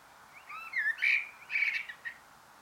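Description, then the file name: Common blackbird calls: a faint rising note, then two louder bursts of rich, harsh notes about half a second apart, fading to quiet. "Turdus merula"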